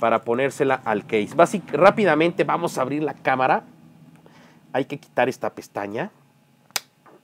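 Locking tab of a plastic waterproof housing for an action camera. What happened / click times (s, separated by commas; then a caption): The housing latch snapped open / 6.8 s. Someone talks, then pulls the locking tab on the plastic waterproof housing of a GoPro Hero 3+ action camera. One sharp snap at 6.8 s releases the latch and the housing opens. The tab is a press fit because the case is waterproof.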